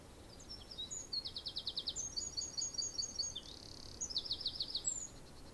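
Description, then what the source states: Birds singing, with rapid high-pitched trilled phrases and short whistled notes. Birds singing in a garden.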